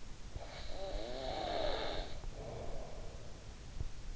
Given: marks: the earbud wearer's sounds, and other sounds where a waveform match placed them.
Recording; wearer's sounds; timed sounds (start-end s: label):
sounds in sleep by an in-ear microphone; snoring breath
0.16-3.67 s: snoring breath